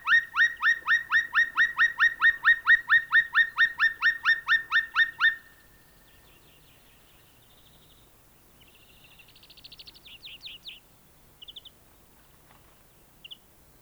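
Black woodpecker calling a loud, rapid run of ringing notes, about four each second, for five seconds; faint high twittering follows.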